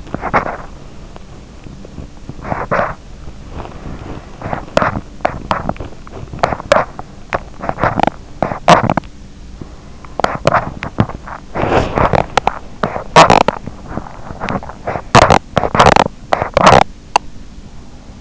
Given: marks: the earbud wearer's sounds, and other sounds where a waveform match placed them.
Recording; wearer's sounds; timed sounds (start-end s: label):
sounds in sleep by an in-ear microphone; body movement, teeth grinding
0.00-4.42 s: body movement
4.68-18.21 s: teeth grinding